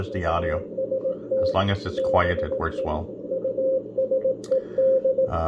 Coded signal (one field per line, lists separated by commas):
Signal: Morse code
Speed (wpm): 17 wpm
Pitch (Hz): 530 Hz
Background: speech, radio noise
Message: TST BE USED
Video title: Chinese DSP SDR Malahit clone W1AW morse code CW decode on Android tablet W6LVP loop antenna